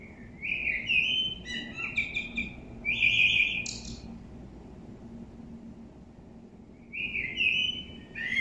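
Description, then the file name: Common blackbird singing a flute-like warble with a rattly, high-pitched ending, then starting a new phrase after a pause. "Turdus merula"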